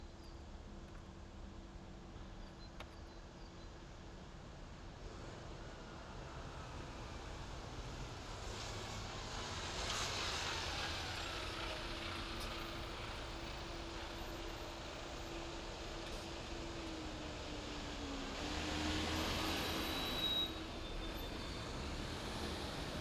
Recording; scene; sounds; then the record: everyday scene through a hearing-aid microphone; in traffic; traffic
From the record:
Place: main city hub, rush hour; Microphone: in the ear canal, left